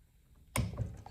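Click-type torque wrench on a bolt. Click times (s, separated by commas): 0.6 s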